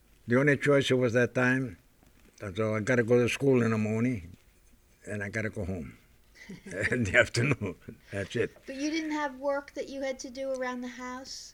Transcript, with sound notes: The only choice was at that time was I got to go to school in the morning and I got to go home (laughs) in the afternoon. That's it.
But you didn't have work that you had to do around the house?